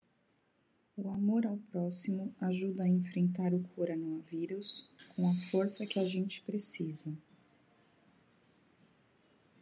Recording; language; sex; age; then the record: spoken sentence; Brazilian Portuguese; female; 40 to 49 years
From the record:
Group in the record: control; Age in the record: 41 years